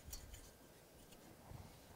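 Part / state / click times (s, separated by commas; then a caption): wire fan clip onto CPU tower heatsink / not seated / none. A wire fan clip is pulled over the fins of a CPU tower heatsink to lock the fan in place after it has been slid down the heatsink grooves. Faint metallic ticks of handling are heard, the sharpest at about 0.1 s, over low rumbling. Nothing has seated or locked yet.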